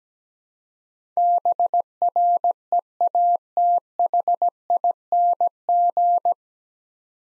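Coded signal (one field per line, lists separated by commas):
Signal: Morse code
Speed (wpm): 17 wpm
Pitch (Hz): 700 Hz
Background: none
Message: BREATHING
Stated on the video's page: Morse practice drill at 17 wpm: nine-letter words for head-copy, each sent twice, aiding the transition from individual characters to whole words.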